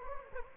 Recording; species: mosquito wingbeat signal from an infrared sensor; Anopheles gambiae